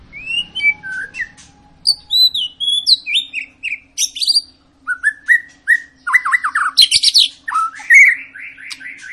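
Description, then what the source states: White-rumped shama singing a varied stream of clear whistles, falling slurs and bursts of buzzy chatter, with a faint low hum underneath. Long continuous lure song of a shama singing prolifically, meant to prompt other birds to sing.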